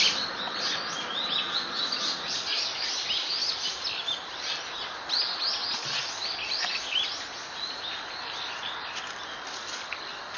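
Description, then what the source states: Bird chirps: steady, busy chirping and twittering over background noise. Recorded on 23 October 2013.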